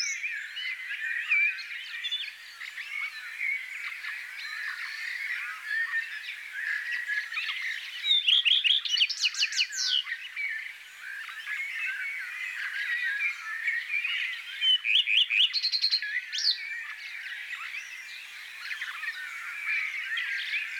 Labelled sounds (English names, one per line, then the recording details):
Common Redstart song
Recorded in the wild
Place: Oberrotweil am Kaiserstuhl / Bickensohl, Baden-Württemberg, DE
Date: 1984-06-11
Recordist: Schwarz, Dieter